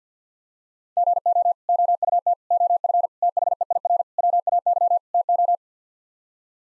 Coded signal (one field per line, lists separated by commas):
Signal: Morse code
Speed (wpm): 49 wpm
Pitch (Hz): 700 Hz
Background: none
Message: GO OUT OF THEIR WAY TO